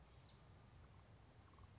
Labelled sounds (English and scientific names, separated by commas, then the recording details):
Oak Titmouse (Baeolophus inornatus)
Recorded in Sonoma County, California